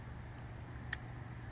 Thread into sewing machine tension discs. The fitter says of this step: where it is you heard it pop I bet on that video